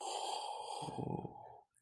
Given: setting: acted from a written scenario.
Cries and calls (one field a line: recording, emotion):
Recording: vocal sound without words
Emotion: serenity